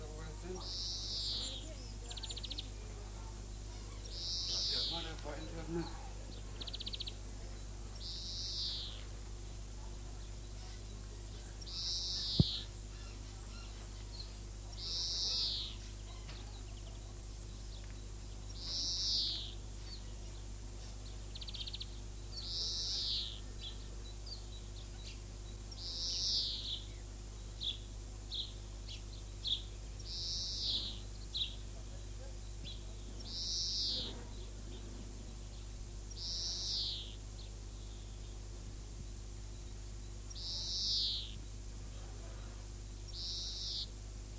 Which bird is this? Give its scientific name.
Chloris chloris